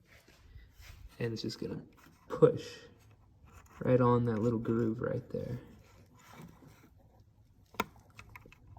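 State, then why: Seated. A tiny metal E-clip is pushed onto the groove of the throttle linkage pin on a Stihl 031AV / 032AV chainsaw after fitting a new carburetor. Someone talks, then a sharp click is heard at 7.8 s, followed by a few faint ticks. The E-clip is seated on the linkage.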